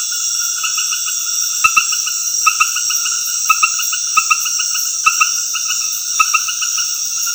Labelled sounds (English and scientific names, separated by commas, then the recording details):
none
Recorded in dense forest near Puerto Asís, Putumayo, Colombia, on 20 February 2024 at 22:00
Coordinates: 0.496, -76.326
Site G6383